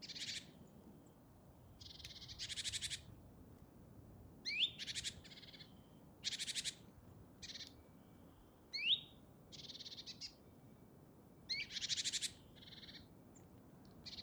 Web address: SETE Parus major